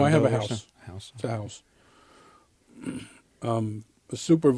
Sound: clears throat

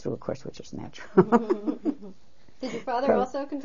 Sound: she laughs

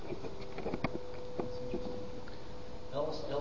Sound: microphone noise

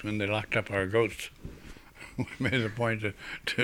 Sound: he laughs

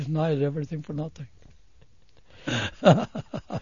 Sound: he laughs

